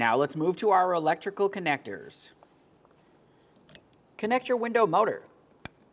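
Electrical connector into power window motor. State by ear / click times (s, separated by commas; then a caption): seated / 5.7 s. Someone talks while a plastic electrical connector is plugged onto the power window motor of a 2006-2011 Honda Civic during a window motor and regulator replacement. After faint ticks around 3.7 s and a quiet pause, a sharp click at 5.7 s marks the connector seating on the motor.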